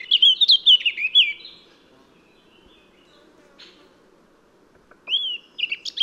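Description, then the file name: Eurasian blackcap giving a short burst of rich whistled warbling, silence for several seconds with a faint buzz, then another loud whistled phrase begins. "Sylvia atricapilla"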